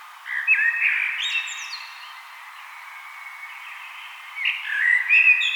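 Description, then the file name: Common blackbird song: a low fluted warble opening each phrase, sliding into thin squeaky twitters, with two phrases separated by a quiet gap of a few seconds. "Turdus merula"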